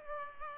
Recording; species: mosquito wingbeat signal from an infrared sensor; Culex pipiens